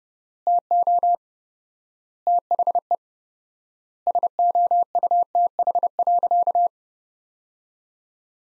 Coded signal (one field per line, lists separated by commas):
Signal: Morse code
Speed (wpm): 30 wpm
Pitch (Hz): 700 Hz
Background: none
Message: TO THE SOUTH.